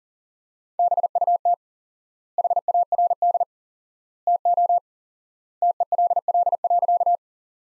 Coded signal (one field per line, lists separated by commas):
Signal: Morse code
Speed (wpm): 40 wpm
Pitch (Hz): 700 Hz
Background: none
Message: BUT HARD TO TELL.